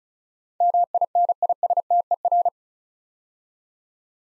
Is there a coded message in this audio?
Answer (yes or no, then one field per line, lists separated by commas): yes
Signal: Morse code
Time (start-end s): 0.6-2.5 s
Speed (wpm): 36 wpm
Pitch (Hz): 700 Hz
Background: none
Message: MINISTER